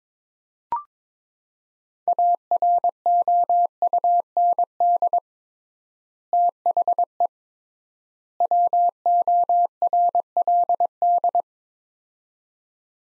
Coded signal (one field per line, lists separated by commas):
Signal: Morse code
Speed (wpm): 22 wpm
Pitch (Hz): 700 Hz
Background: none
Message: AROUND THE WORLD